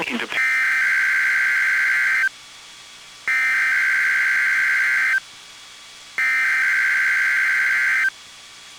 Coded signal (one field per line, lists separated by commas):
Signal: Emergency Alert System (SAME) tones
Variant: header bursts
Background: speech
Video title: EAS: WXL40 Weekly Test (11/27/19)(EAS #221)